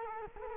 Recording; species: mosquito wingbeat signal from an infrared sensor; Culex quinquefasciatus